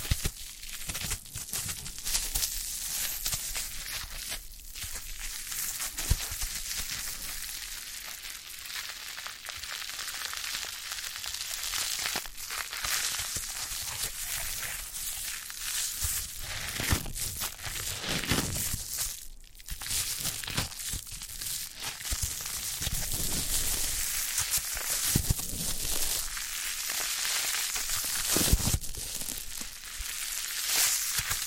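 Foam massage: a dense, continuous rubbing and squishing texture that crackles and crinkles with bright hiss above. Strokes come in uneven waves, with brief quieter lulls near 5 and 19 seconds and a louder scrunch around 28 seconds.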